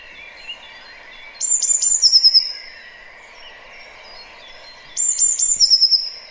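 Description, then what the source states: Eurasian Blue Tit song given twice: high, thin introductory notes running into a rapid trill. Played as a recording; song called a typical spring sound, as the bird stops singing in summer, with more variation than first apparent.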